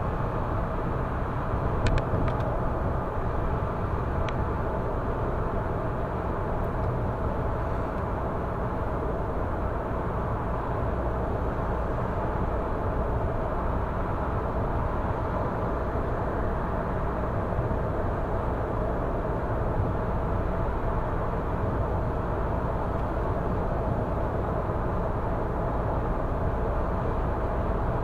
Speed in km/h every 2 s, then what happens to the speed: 118, 115, 111, 108, 107, 107, 106, 106, 106, 106, 106, 105, 105, 105.
0-7 slows to 107. 7-28 steady at about 106.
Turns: none.